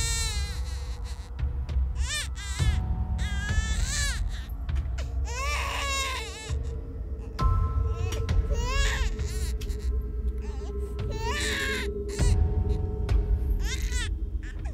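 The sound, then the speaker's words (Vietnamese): A demonic newborn with jagged teeth shrieks eerily in a string of high, wavering wails, each burst rising and bending in pitch, repeating over a constant low rumbling drone with no talking. “Nó rít lên từng tiếng nghe ghê rợn.”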